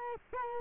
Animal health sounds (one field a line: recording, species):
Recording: mosquito wingbeat signal from an infrared sensor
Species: Culex quinquefasciatus